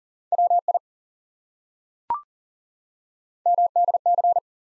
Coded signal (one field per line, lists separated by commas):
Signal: Morse code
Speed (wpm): 38 wpm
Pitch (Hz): 700 Hz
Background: none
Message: WI MDC